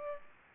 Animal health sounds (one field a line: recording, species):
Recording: mosquito wingbeat signal from an infrared sensor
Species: Culex pipiens